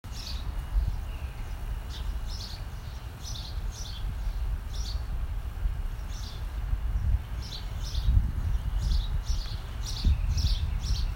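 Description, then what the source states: Birds chirping, short high chirps repeated in small clusters, over a continuous low rumble of background noise. Birds in trees, heard from a patio while reading outdoors, Los Angeles, California, USA, 30 April 2020, 11:30, during COVID-19.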